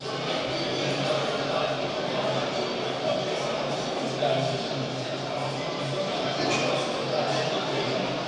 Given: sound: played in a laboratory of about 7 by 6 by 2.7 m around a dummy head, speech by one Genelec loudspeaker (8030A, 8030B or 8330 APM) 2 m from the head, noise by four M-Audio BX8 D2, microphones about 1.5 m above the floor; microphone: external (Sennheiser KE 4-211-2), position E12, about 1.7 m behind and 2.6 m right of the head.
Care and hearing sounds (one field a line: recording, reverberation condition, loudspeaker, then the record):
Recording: cafeteria noise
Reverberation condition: high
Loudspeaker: four, about 170 cm from the corners of the room and facing them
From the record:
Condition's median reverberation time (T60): about 1300 ms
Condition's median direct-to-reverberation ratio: about -4.0 dB